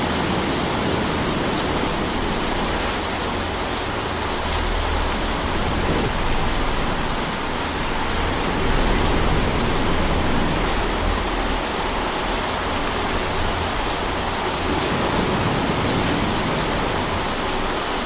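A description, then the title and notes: Rain and wind make a dense, steady hiss that fills the whole range from low rumble to bright top, with no distinct drops or gusts standing out. The level stays nearly constant for the full eighteen seconds, with a faint low murmur underneath. Rain And Wind Sounds Are Music.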